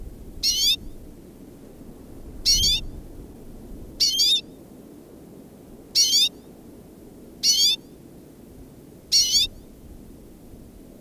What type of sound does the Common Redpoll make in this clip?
call